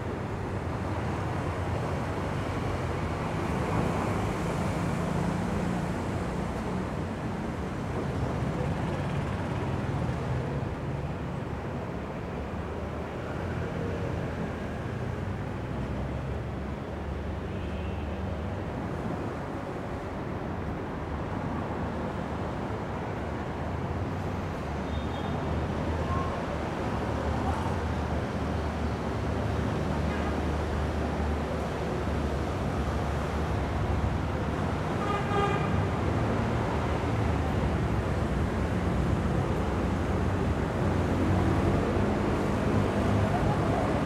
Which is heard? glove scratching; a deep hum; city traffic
city traffic